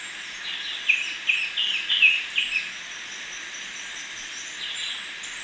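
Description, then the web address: Black-and-white becard calling with a loose series of short chirped notes, then quieter; constant background hiss. Recorded in Ecuador. "Birds of Ecuador. Black-and-white Becard"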